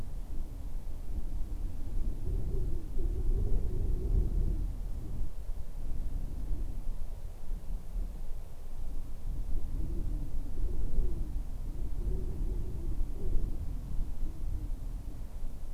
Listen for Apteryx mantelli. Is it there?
no